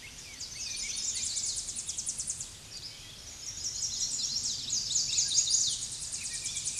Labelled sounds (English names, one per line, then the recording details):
Tennessee Warbler song
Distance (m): 35 m
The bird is about 20 m above the microphone
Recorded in a Pennsylvania forest on 16 May 2024 at 07:13
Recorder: AudioMoth, point MSD-1405
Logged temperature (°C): 15.6 °C
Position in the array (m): 155 m, 216 m